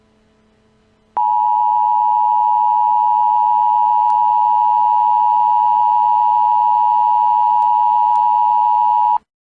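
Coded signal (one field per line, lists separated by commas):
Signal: Emergency Alert System (SAME) tones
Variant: 853 and 960 Hz attention tone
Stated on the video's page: Fictional mock EAS scenario following a summer thunderstorm.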